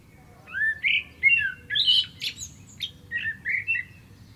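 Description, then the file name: Common blackbird song phrase: low mellow fluted whistles rising and falling, broken by high thin squeaky notes, then more warbled whistles to finish. "Turdus merula"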